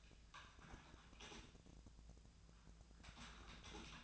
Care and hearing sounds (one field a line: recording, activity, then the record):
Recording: daily activity, microphone in the room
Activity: typing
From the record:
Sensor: 2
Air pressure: 1000.0 hPa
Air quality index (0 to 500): 129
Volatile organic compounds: 2 ppm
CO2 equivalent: 1105 ppm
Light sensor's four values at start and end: 25/61/26/29 and 25/61/26/29